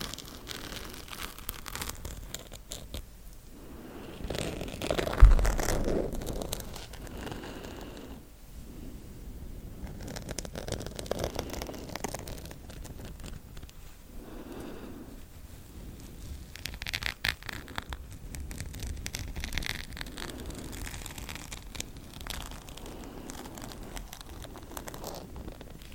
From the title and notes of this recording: ASMR Scratching Super Slow Scratching For Sleep intense.